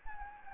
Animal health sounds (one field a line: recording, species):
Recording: mosquito wingbeat signal from an infrared sensor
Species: Anopheles gambiae